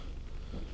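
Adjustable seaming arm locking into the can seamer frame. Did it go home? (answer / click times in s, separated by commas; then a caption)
no / none. An adjustable seaming arm on a Cannular can seamer is moved up and down by hand as it is positioned to lock into the can seamer frame. Only a steady low hum and faint handling noise are heard at an even level throughout. Nothing has seated or clicked yet.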